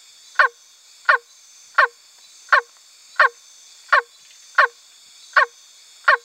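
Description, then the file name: Milk frog croaks: evenly spaced honking notes with a falling tail, nine in a row, against a continuous high-pitched background drone. "Phrynohyas sp"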